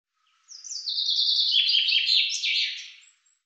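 Common chaffinch song: a rapid, high trill that tumbles downward in steps over about two and a half seconds and ends in a brief flourish.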